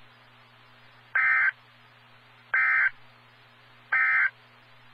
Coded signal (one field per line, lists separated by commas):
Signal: Emergency Alert System (SAME) tones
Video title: Real NOAA Weather Radio EAS Alert #78